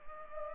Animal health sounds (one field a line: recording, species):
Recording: mosquito wingbeat signal from an infrared sensor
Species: Culex pipiens